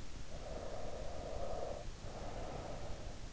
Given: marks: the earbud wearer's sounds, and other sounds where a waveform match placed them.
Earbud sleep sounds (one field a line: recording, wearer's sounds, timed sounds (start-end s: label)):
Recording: sounds in sleep by an in-ear microphone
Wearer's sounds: breath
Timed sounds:
0.19-3.13 s: breath